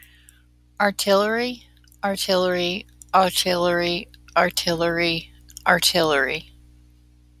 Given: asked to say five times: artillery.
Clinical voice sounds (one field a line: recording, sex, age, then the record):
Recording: repeated word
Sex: female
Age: 30 to 39 years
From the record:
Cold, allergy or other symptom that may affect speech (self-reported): no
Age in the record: 37 years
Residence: Kansas, United States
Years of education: 13